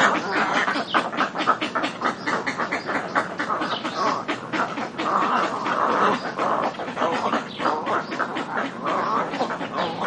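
Little egret harsh croaking calls, many birds calling at once in a dense, continuous chorus of rasping, gargling notes with no pauses.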